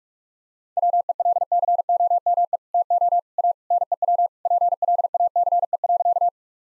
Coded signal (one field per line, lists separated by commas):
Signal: Morse code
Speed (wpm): 41 wpm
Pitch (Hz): 700 Hz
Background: none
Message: WELCOME TO A NEW PLACE.